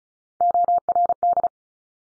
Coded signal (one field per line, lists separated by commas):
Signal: Morse code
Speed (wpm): 36 wpm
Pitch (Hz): 700 Hz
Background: none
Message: ORD